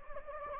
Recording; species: mosquito wingbeat signal from an infrared sensor; Anopheles gambiae